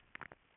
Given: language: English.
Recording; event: throat vibration sensor signal played as sound; swallow